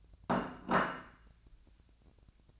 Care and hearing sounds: daily activity, microphone in the room; place plate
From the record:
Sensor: 2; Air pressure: 1000.0 hPa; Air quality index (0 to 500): 133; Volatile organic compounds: 2 ppm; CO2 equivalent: 1135 ppm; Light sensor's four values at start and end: 24/59/25/28 and 23/57/24/26

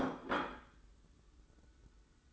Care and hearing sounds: daily activity, microphone in the room; place plate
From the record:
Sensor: 3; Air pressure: 990.8 hPa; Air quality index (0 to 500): 145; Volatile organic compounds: 372 ppm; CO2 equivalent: 4624 ppm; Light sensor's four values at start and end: 38/91/36/34 and 38/91/36/34

